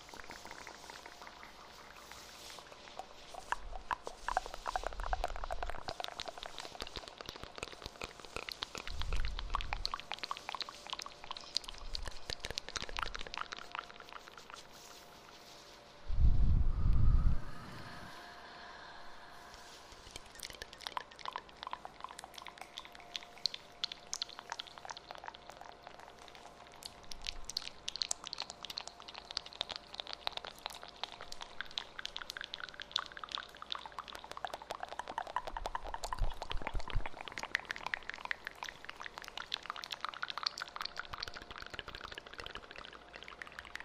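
Mouth sounds with echo, a dense stream of wet clicks and smacks throughout, with a loud low thump near seventeen seconds.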